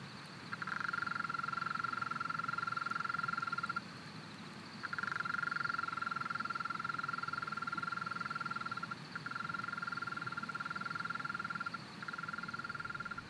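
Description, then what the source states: European mole cricket song, a churring trill in several long bursts separated by brief pauses. Small population in a flooded alpine pasture at 1250 m, Le Villard, Drôme, France, 3 May 2020, heard every year at this period; recorded in stereo on Nagra Seven with MKH40 microphone.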